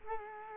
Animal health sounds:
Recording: mosquito wingbeat signal from an infrared sensor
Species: Culex quinquefasciatus

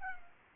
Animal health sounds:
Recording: mosquito wingbeat signal from an infrared sensor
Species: Culex pipiens

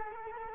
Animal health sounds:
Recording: mosquito wingbeat signal from an infrared sensor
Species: Culex quinquefasciatus

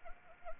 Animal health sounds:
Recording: mosquito wingbeat signal from an infrared sensor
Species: Anopheles arabiensis

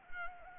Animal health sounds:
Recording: mosquito wingbeat signal from an infrared sensor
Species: Anopheles gambiae

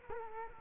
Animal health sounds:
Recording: mosquito wingbeat signal from an infrared sensor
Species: Culex quinquefasciatus

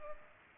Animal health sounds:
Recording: mosquito wingbeat signal from an infrared sensor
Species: Culex pipiens

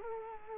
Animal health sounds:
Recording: mosquito wingbeat signal from an infrared sensor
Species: Culex quinquefasciatus

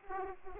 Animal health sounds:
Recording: mosquito wingbeat signal from an infrared sensor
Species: Aedes aegypti

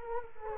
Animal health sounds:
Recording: mosquito wingbeat signal from an infrared sensor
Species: Culex quinquefasciatus

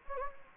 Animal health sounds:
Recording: mosquito wingbeat signal from an infrared sensor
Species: Anopheles gambiae

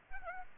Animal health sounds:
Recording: mosquito wingbeat signal from an infrared sensor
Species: Aedes aegypti

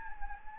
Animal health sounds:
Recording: mosquito wingbeat signal from an infrared sensor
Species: Anopheles gambiae

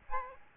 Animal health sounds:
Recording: mosquito wingbeat signal from an infrared sensor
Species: Aedes albopictus

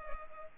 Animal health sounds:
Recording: mosquito wingbeat signal from an infrared sensor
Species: Culex pipiens

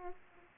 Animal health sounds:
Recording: mosquito wingbeat signal from an infrared sensor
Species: Aedes aegypti

